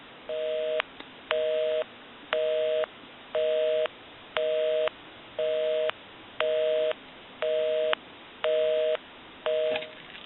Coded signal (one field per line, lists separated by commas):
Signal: telephone call progress tone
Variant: North America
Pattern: busy tone